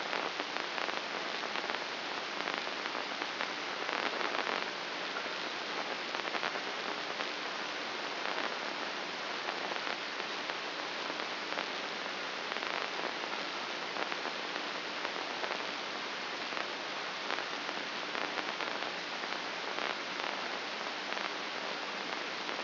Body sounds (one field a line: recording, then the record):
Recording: brain microelectrode recording played as sound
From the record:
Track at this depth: outside the subthalamic nucleus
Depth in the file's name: 7.228 mm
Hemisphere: left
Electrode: 2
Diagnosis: Parkinson's disease